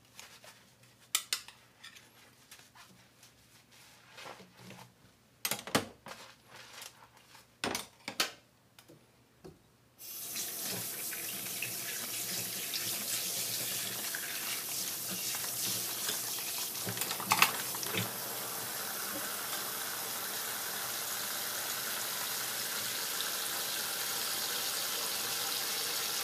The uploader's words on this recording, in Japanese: 環境音 かつおのたたきらーめん。醤油ベースで焼豚のかわりに鰹のたたきをいれてみました。